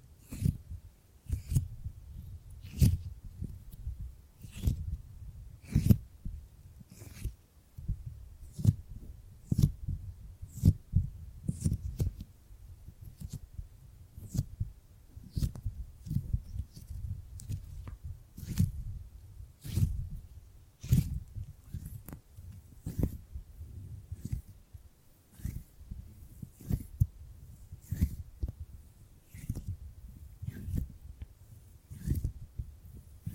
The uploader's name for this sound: Gripping and Grabbing Sounds